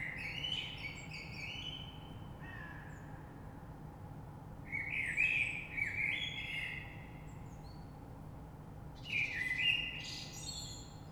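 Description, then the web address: Common blackbird singing three rich, flutey warbled phrases, each trailing into high scratchy twitters, with short pauses between. Recorded 3 March 2020. "oiseaux Rush Merle 3-3-2020"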